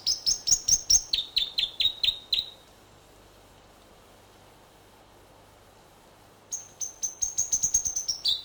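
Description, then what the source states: North Island robin song: rapid repeated high notes stepping down in pitch, then about four seconds of quiet, then another fast run of piercing notes that ends lower. New Zealand.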